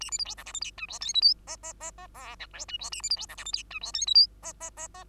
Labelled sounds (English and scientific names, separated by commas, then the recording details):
Bengalese Finch (Lonchura striata domestica) song
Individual Bird2